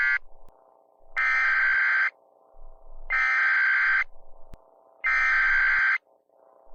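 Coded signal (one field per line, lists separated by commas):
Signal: Emergency Alert System (SAME) tones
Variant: header bursts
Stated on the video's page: Fictional Emergency Alert System scenario depicting nuclear war.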